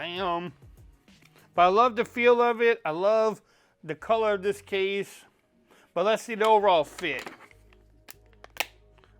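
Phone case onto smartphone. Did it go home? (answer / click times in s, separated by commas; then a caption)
yes / 8.6 s. Someone talks while an iPhone 16 Pro is pressed into a slim aramid-fiber Benks ArmorTint hard case to check the fit. A few small ticks lead up to a sharp snap at 8.6 s as the case seats onto the phone.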